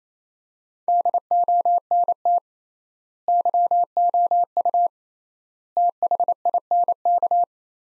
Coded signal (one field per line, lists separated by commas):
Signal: Morse code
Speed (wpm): 28 wpm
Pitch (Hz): 700 Hz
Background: none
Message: DONT YOU THINK